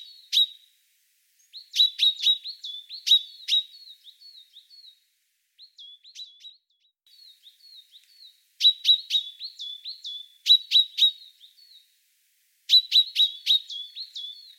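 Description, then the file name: Common chaffinch giving clusters of sharp, ringing call notes, separated by quieter stretches of soft, thin tonal notes, the clusters returning every few seconds. "Fringilla coelebs"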